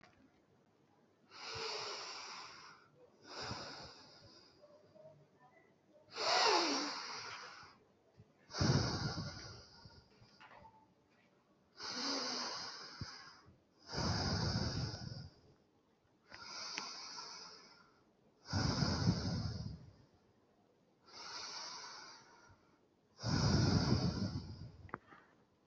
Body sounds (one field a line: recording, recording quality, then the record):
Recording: deep breathing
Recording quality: excellent, no background noise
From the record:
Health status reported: respiratory illness, not identified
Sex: male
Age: 34 years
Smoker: yes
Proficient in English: yes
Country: India